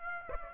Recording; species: mosquito wingbeat signal from an infrared sensor; Aedes aegypti